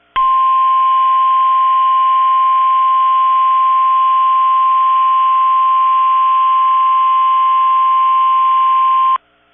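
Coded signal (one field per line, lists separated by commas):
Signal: Emergency Alert System (SAME) tones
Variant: 1050 Hz attention tone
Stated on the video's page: Severe storm alerts from NOAA Weather Radio stations in Kentucky and Ohio.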